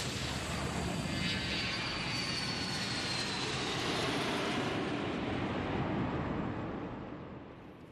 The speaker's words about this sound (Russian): Самолет взлетает.